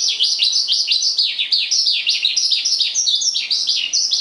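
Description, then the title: Javan bush lark song: quick, high chirping notes tumbling and sliding downward in a dense, continuous chatter. "Suara Burung Branjangan"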